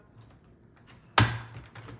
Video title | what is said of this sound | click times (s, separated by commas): DELTA CHILDREN JEEP STROLLER UNBOXING | and you should hear a little click as so and the first wheel has popped into place | 1.2 s